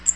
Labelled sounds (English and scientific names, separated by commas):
Cape May Warbler (Setophaga tigrina) flight call